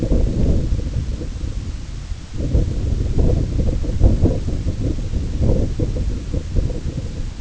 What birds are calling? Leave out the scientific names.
none